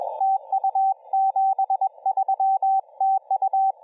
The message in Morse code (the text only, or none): TU 73 TU